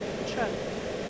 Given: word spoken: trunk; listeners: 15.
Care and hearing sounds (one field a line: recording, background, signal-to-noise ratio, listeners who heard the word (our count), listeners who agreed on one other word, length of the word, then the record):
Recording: one English word in noise, from a listening test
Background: speech-shaped noise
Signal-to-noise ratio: -4.0 dB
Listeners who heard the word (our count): 3 of 15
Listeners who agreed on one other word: 8 of 15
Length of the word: 0.69 s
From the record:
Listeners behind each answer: 8, 3, 3, 1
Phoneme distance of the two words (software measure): 7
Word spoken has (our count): 1 syllable, 5 phonemes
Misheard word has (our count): 1 syllable, 4 phonemes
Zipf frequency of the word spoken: 3.93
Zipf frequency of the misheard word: 4.22